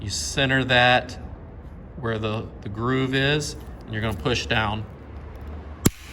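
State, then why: Seated. A man talks while a narrow plastic PTB wiper-blade adapter for a Tesla Model 3 is centered on the groove marked by an arrow and pushed down onto the wiper blade frame. A single sharp click at 5.9 s marks the adapter snapping into place, seated on the frame.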